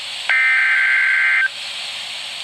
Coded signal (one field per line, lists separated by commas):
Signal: Emergency Alert System (SAME) tones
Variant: header bursts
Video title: Severe Thunderstorm Warning #2 (EAS #120)